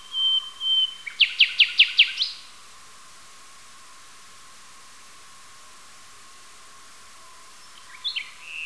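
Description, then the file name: Nightingale song: a long whistled note followed by five loud, evenly spaced rattling strokes, a long pause, then a short new phrase starts. "solovei"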